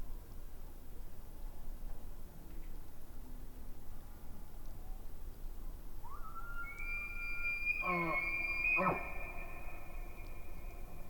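Elk bugling: a rising tone swells into a shrill, sustained whistle, with two throaty grunts cutting through it, over low continuous background noise.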